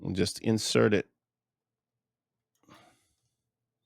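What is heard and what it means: Someone talks briefly while a small plastic handset-retainer tab is inserted into the cradle slot of a Yealink desk phone, and a faint, short handling rustle follows around 2.7 seconds. The tab is only being handled and nothing has seated or clicked yet.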